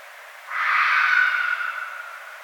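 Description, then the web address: Red fox scream, one long raspy wailing cry that swells quickly and then slowly tails off. Recorded 1 February 2012. "Red Fox 2012 02 01"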